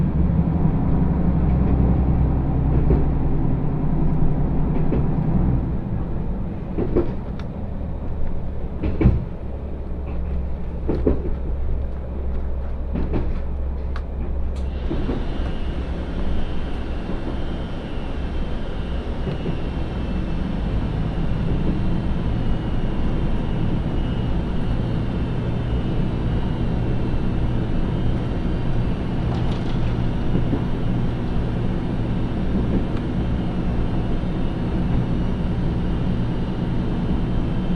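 A ride aboard the Ai Yoshinogawa trolley train on the Tokushima Line, with a steady low rumble of the running train throughout. Sharp knocks and clatters come in the first fifteen seconds, then the sound grows brighter with a thin hiss and continuous rattling.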